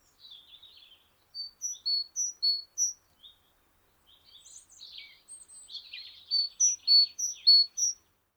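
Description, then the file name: Great tit calls: repeated clear high paired notes, a spell of buzzy churring, then another run of bright notes. "Parus major"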